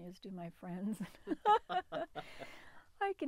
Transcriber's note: laughs